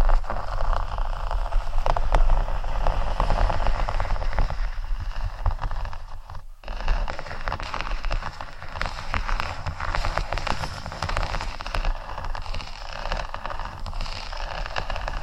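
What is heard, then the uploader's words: Faux leather is scratched in a dense, continuous stream of fine crackly scrapes. The rough texture stays steady for the whole fifteen seconds, broken only by a brief pause just after six seconds. A low rumble runs underneath throughout. ASMR Faux Leather Scratching（No Talking）.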